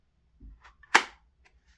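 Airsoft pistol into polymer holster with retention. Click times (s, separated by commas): 0.9 s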